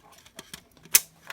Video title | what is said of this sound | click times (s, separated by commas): 2015 Camaro 4 pack gauge installation from phastek performance pt 4 | it clicks into place and that's perfect | 1.0 s